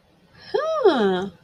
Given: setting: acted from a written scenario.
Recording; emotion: vocal sound without words; interest